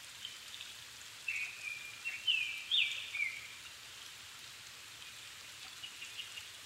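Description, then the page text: Japanese thrush giving one brief whistled phrase of sliding notes against steady background noise. Recorded 7 May 2011 at 17:59 in the evening; Nikko, Japan; altitude 270 m; Sony PCM-D50 recorder with Panasonic WM-61A microphone. "Turdus cardis [Sounds -Nikko Today-]"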